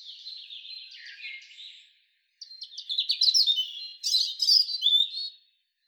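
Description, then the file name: European robin song: high, thin warbling phrases, a lower wavering phrase followed by a brief pause, then a brighter run of sharp twittering notes. "Erithacus rubecula"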